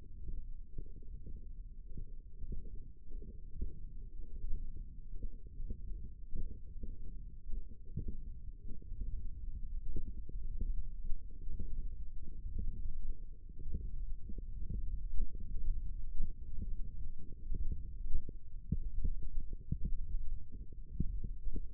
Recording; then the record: forearm muscle sounds (acoustic myography)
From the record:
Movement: index flexion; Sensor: system 1, eight BSWA MPA416 microphones around the upper forearm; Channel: 5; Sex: female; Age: 21 years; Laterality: right